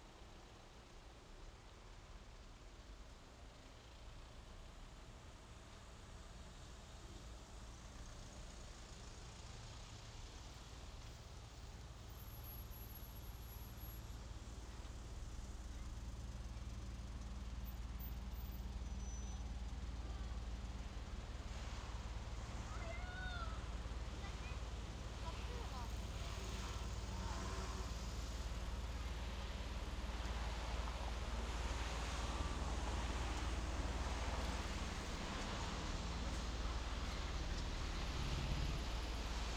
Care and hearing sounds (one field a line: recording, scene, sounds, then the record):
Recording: everyday scene through a hearing-aid microphone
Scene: in traffic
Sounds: traffic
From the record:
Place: main road on the outskirts, rush hour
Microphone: in the ear canal, left